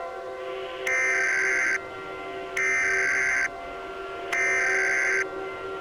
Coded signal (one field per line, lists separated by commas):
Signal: Emergency Alert System (SAME) tones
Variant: header bursts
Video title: BLAZING DOWNPOUR: A KESSLER-SYNDROME EAS MOCK